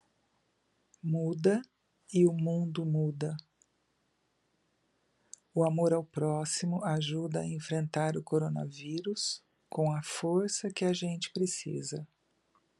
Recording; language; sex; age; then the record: spoken sentence; Brazilian Portuguese; female; 60 to 69 years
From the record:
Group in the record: control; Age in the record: 63 years